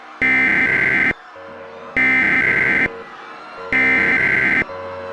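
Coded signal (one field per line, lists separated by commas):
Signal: Emergency Alert System (SAME) tones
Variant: header bursts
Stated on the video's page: Fictional EAS scenario about a Diablo Canyon nuclear plant meltdown.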